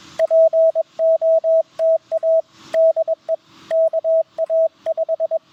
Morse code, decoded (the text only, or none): POTA DE KA5